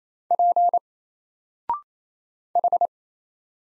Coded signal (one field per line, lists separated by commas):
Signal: Morse code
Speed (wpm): 27 wpm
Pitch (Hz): 700 Hz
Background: none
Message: P H